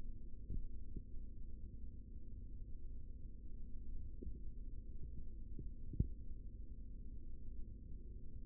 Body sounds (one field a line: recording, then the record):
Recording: forearm muscle sounds (acoustic myography)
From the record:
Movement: rest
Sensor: system 3, bracelet of six PUI Audio POM-2738L microphones around the upper forearm, with dedicated amplification and filtering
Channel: 5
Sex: male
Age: 23 years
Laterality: right